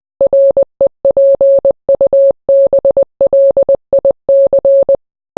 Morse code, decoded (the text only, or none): REPUBLIC